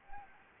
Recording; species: mosquito wingbeat signal from an infrared sensor; Anopheles gambiae